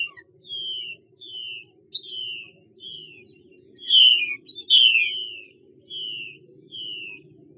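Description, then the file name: Chinese hwamei singing a string of clear downslurred whistles about once a second, with two louder, fuller phrases midway, a faint low hum beneath. Mai xuy song style. "Tieng chim hoa mi mai xuy"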